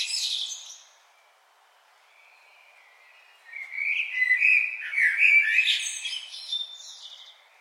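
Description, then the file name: Common blackbird song: a high scratchy twitter fades out, then after a short pause comes a longer phrase of fluted warbling mixed with high, squeaky notes. "Turdus merula"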